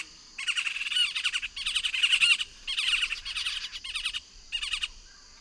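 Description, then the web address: Yellow-tufted woodpecker group calls: five harsh chattering bursts from several birds, separated by brief pauses. Group calls of several birds, recorded in the eastern lowlands of South America. "Natures Songs S America Eastern Lowlands. Melanerpes cruentatus, group calls"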